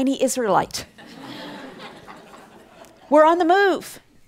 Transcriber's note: laughter